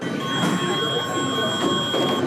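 A security scanner gate at the security check of the Dutch House of Representatives beeps in one long, unbroken electronic tone, steady and fairly high-pitched, sounding loudly over a low, busy background hum.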